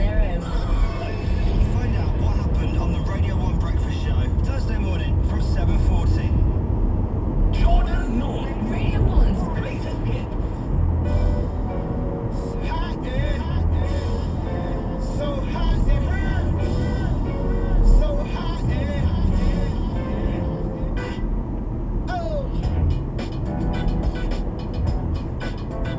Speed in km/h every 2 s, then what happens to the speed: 66, 68, 68, 71, 74, 74, 72, 69, 68, 64, 60, 60, 60.
0-11 speeds up to 74. 11-20 slows to 60. 20-26 steady at about 60.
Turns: none.